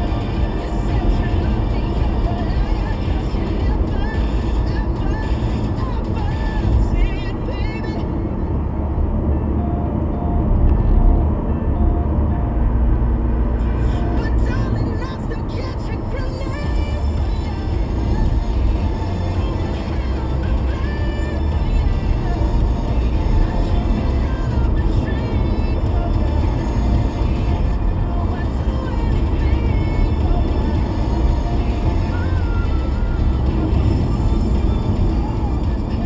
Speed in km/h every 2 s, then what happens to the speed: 98, 98, 97, 97, 97, 95, 93, 92, 89, 90, 93, 92, 100, 100, 98, 97, 84, 84.
0-18 steady at about 95. 18-27 speeds up to 100. 27-32 slows to 84.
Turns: none.